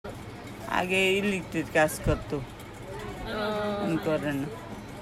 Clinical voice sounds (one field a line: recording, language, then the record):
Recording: elicited speech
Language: Bengali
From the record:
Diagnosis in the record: Broca's or global aphasia after a stroke